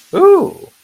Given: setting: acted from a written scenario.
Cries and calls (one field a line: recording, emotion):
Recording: vocal sound without words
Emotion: interest